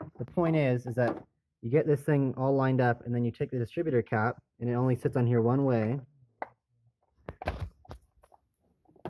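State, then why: Seated. Someone talks while a distributor cap, which fits only one way, is set onto the distributor of a VW Rabbit engine. A few small knocks and thunks follow, and the cap pops into place with a click at 9.1 seconds, seated.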